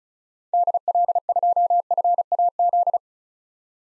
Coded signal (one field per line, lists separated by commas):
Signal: Morse code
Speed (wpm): 36 wpm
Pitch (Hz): 700 Hz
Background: none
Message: DL2FAZ